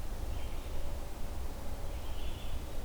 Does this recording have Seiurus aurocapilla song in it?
no